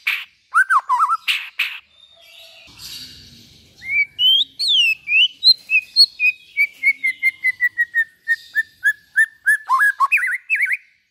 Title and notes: Pikat Murai Batu Durasi Panjang. Burung Murai Batu